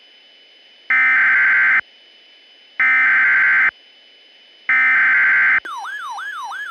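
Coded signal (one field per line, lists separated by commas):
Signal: Emergency Alert System (SAME) tones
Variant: header bursts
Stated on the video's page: Simulated EAS scenario.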